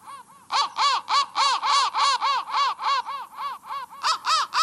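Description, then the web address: Crow cawing: a few soft caws, then a steady run of harsh, nasal caws at about three per second that stay loud to the end. "soundfactory crow 1"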